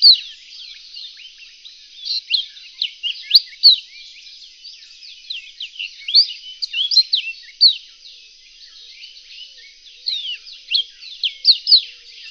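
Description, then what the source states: Reunion olive white-eye song: rapid high twittering with slurred and sweeping notes, in several bursts of varied phrases. Song (kicau).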